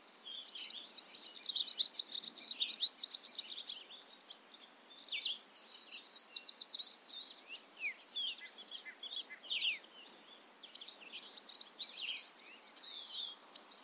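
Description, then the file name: Bobolink song, a long bubbly jumble of rapid metallic, tinkling notes tumbling up and down, delivered in bursts with short pauses between them. Recorded at Ferme Beauchamp. "A bobolink talks to you from Ferme Beauchamp"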